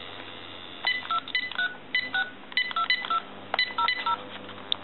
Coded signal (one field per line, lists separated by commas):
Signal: DTMF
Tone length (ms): 90 ms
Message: 2362200